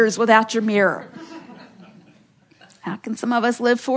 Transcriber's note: laughter